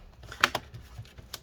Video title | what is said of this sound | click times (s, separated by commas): ASUS TP300L Disassembly RAM SSD Hard Drive Upgrade Repair Replacement | clip everything down all around. | 0.4 s, 1.3 s